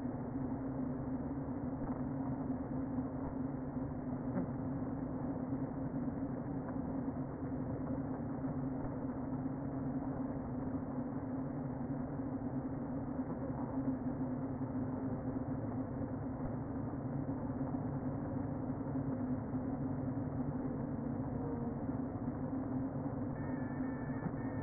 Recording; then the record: honeybee colony, microphone inside the hive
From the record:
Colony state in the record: queen present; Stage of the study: before two queens were removed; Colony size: about 60,000 bees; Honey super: yes